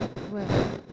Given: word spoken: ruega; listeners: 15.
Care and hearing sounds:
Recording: one Spanish word in noise, from a listening test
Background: noise modulated by one talker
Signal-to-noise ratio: -8.9 dB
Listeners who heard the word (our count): 0 of 15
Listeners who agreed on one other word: 6 of 15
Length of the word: 0.53 s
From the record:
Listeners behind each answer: 6, 1, 1, 1, 1, 1, 1, 1, 1, 1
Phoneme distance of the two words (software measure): 20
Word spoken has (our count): 2 syllables, 5 phonemes, stress on syllable 1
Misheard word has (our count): 2 syllables, 5 phonemes, stress on syllable 1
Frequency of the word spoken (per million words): 2.24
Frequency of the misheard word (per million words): 163.36

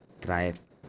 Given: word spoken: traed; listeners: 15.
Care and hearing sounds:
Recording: one Spanish word in noise, from a listening test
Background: noise modulated by three-talker babble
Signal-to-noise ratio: 16.8 dB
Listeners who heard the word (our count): 3 of 15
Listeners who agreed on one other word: 10 of 15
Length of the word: 0.49 s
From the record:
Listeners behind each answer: 10, 3, 2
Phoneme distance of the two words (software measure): 10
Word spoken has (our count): 2 syllables, 5 phonemes, stress on syllable 2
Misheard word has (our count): 2 syllables, 5 phonemes, stress on syllable 2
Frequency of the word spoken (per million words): 0.12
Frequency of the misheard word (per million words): 17.90

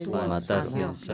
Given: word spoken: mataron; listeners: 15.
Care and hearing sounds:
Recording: one Spanish word in noise, from a listening test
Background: four-talker babble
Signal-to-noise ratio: 0.8 dB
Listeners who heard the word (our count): 0 of 15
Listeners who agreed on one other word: 9 of 15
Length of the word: 0.74 s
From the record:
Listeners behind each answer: 9, 1, 1, 1, 1, 1, 1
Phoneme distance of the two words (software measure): 14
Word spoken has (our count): 3 syllables, 7 phonemes, stress on syllable 2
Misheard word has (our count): 2 syllables, 5 phonemes, stress on syllable 2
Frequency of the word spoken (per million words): 8.80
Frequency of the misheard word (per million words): 36.28

